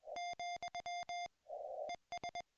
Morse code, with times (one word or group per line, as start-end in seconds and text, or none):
0.2-1.3 ,
1.9-2.4 ES